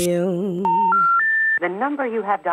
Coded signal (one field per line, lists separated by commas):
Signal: telephone call progress tone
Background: speech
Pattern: special information tone